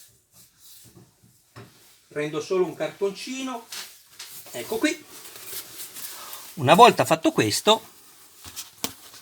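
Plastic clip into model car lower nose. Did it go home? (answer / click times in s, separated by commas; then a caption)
yes / 8.8 s. A plastic clip for the lower light cover elastics is pressed at the middle into the lower nose of a 1:8 scale Lancia Stratos HF model car in Alitalia livery while someone talks. A sharp click is heard at 8.8 seconds as the clip snaps into place and seats.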